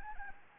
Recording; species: mosquito wingbeat signal from an infrared sensor; Anopheles arabiensis